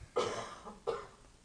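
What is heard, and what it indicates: Two sharp, separate cough bursts from an adult in an audience, about 0.7 seconds apart, the first slightly louder, each fading quickly. They sound fairly dry and brief, in a room with light echo, with no speech over them.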